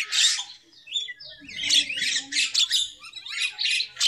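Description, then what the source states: Lovebird chattering calls, high shrill squeaks and rasping chirps in quick bursts, pausing briefly near the start before resuming in rapid clusters. Lovebird lure call used for bird trapping.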